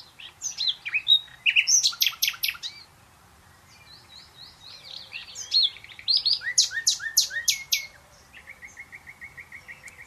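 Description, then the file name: Common nightingale song: several varied phrases of sharp, loud notes and whistles, ending in a quick, evenly repeated series of softer notes. "Luscinia megarhynchos"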